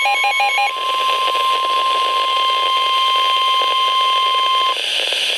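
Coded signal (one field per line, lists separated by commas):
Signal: Emergency Alert System (SAME) tones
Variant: 1050 Hz attention tone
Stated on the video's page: Severe thunderstorm warning SAME alert from NOAA Weather Radio, Madison, Wisconsin.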